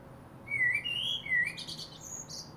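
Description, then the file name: Common blackbird song: clear descending and rising fluted notes followed by a high, rapid scratchy twitter. "Turdus merula"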